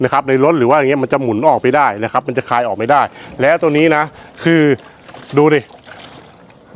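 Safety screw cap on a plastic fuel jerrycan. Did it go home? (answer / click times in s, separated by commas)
yes / 5.9 s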